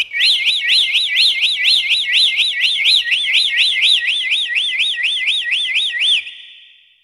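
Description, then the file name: Bird chirping in a fast, steady run of many rising whistled notes that continues for about six seconds before stopping. "bird tweet"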